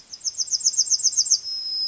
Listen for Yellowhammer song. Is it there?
yes